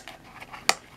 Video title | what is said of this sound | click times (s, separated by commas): BUCK KNIVES 110 FOLDING HUNTER KNIFE! GOOD VALUE! | and the front nice positive click | 0.7 s